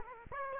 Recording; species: mosquito wingbeat signal from an infrared sensor; Aedes aegypti